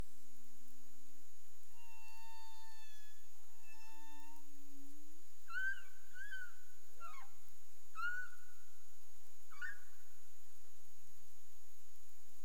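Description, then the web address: Humpback whale vocal units: a long low moan, a pair of rich harmonic tones, another low moan, then a series of higher wavering whoops and sweeping cries, with a constant thin high tone behind. Recorded in the Caribbean on 30 April 2035 at 03:35 UTC. "humpback whale 20350430 033531 UTC"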